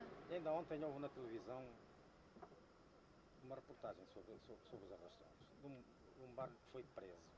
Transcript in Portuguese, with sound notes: Ainda ontem houve ouvi na televisão [pausa] uma reportagem sobre, so- sobre os arrastões, dum barco que foi preso.